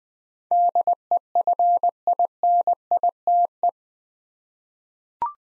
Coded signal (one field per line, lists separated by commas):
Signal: Morse code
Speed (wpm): 20 wpm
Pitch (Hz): 700 Hz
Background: none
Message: DEFINITE